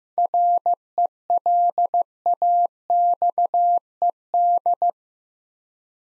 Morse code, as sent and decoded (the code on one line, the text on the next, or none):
.-. . .-.. .- -..- . -..
RELAXED